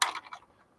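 The release button on a plastic toy X-Wing model is pressed, and the wing latch lets go with a sharp, bright click at 0.0 s, followed by two fainter ticks around 0.3 s as the S-foil wings unlatch and fold back down. The latch releases and the wings end up back down.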